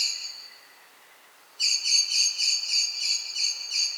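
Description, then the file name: Common blackbird calls. A few high notes fade out, then after a short silence a steady run of sharp, ringing notes continues to the end. "Turdus merula"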